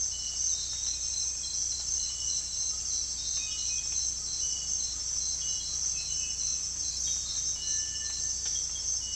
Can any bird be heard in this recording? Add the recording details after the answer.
yes. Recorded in dense forest near Puerto Asís, Putumayo, Colombia, on 21 December 2024 at 05:00. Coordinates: 0.486, -76.317. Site G003